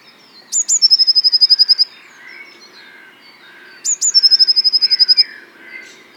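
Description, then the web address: Eurasian blue tit song: two phrases, each a couple of thin, very high notes dropping into a fast, even trill, repeated about three seconds apart; soft chirps of other birds underneath. "vogelstimmen blaumeise gesang nabu lars lachmann"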